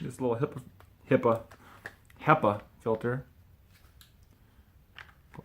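Someone talks while holding a small plastic HEPA filter for a Ryobi P-714K 18-Volt ONE+ Evercharge hand vacuum, then lines it up at the vacuum's dirt cup. After the talking stops, a few faint, short handling ticks are heard around 4.0, 5.0 and 5.3 seconds. The filter has not seated or clicked into place yet.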